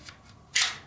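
A rechargeable battery is inserted with the correct polarity into the battery holder of an Eachine EAT11 1/14 scale 4WD RC truck and pressed down. A faint tick at 0.1 s comes before a sharp, bright snap at 0.6 s, which then fades. The battery is seated in the holder.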